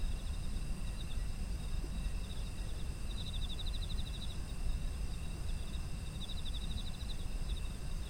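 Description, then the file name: Insect chorus with sustained high tones and two bursts of rapid pulsed trilling, set against a steady deep background rumble. Autumn insects, environmental ambience sound. "秋の虫の環境音"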